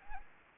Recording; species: mosquito wingbeat signal from an infrared sensor; Anopheles gambiae